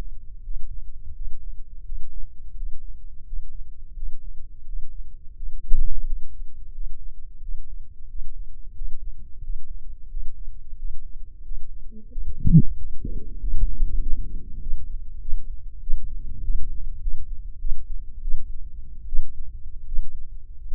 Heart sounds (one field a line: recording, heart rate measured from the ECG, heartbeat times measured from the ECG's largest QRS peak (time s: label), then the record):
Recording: heart sounds by microphone in the left ear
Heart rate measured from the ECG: 89 bpm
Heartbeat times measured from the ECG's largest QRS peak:
0.40 s: heartbeat
1.11 s: heartbeat
1.81 s: heartbeat
2.52 s: heartbeat
3.23 s: heartbeat
3.92 s: heartbeat
4.63 s: heartbeat
5.33 s: heartbeat
6.02 s: heartbeat
6.70 s: heartbeat
7.38 s: heartbeat
8.05 s: heartbeat
8.71 s: heartbeat
9.39 s: heartbeat
10.07 s: heartbeat
10.75 s: heartbeat
11.41 s: heartbeat
12.08 s: heartbeat
12.74 s: heartbeat
13.36 s: heartbeat
13.99 s: heartbeat
14.59 s: heartbeat
15.19 s: heartbeat
15.80 s: heartbeat
16.41 s: heartbeat
16.99 s: heartbeat
17.58 s: heartbeat
18.21 s: heartbeat
19.06 s: heartbeat
19.85 s: heartbeat
20.65 s: heartbeat
From the record:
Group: healthy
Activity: Valsalva maneuver 0-8 s, rest 8-21 s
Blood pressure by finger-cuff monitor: 109/68 mmHg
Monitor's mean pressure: 81 mmHg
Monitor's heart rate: 87 bpm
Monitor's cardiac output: 6.9 L/min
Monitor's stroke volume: 80 mL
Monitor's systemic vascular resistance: 860 dyn s/cm5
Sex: male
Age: 21 years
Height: 180 cm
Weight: 67.5 kg